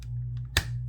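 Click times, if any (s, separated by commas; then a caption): 0.6 s. The plastic jaw joint of a transforming action figure is pushed all the way open. It clicks into the open position at 0.6 s with a sharp, bright snap over a steady low hum, after a few faint ticks earlier in the clip.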